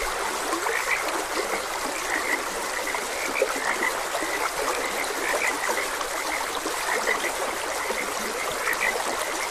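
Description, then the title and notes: Frog chorus of quick, repeated croaks from several callers, unbroken throughout, over steady running water. Frogs croaking beside a gentle stream. "Gentle Stream and Frogs Croaking. Sleep and Relaxation Podcast"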